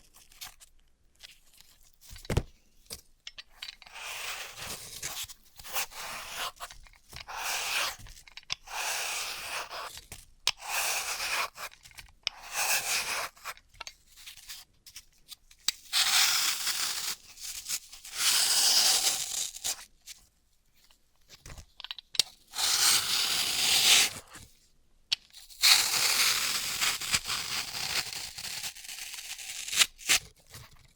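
Floral foam being cut and crushed, with bursts of gritty crunching and tearing separated by short silences. Sharp clicks punctuate the start, and the longest, densest crunching comes around 16–19 and 25–28 seconds, bright and hissy.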